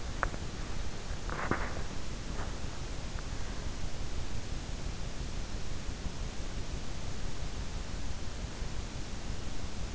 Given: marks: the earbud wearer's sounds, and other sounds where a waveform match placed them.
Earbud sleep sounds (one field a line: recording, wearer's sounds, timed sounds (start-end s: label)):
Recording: sounds in sleep by an in-ear microphone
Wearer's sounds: teeth grinding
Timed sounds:
0.00-2.85 s: teeth grinding